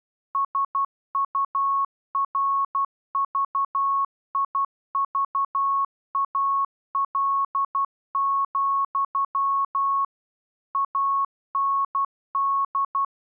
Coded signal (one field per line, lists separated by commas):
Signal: Morse code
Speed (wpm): 12 wpm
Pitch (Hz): 1100 Hz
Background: none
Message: SURVIVAL, AND